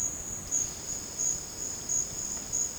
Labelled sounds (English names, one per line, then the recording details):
none
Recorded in dense forest near Puerto Asís, Putumayo, Colombia, on 12 March 2025 at 12:30
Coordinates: 0.486, -76.317
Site G053